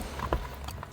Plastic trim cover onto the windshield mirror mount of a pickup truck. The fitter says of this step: this thing just really honestly just clicks right in there.